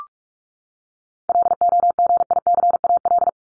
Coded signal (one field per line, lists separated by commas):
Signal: Morse code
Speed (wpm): 44 wpm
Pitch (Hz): 700 Hz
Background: none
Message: LOGICAL